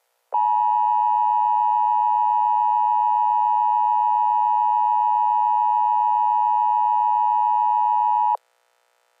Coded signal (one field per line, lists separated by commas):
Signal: Emergency Alert System (SAME) tones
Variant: 853 and 960 Hz attention tone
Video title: Last RWT At My Old House (EAS 27)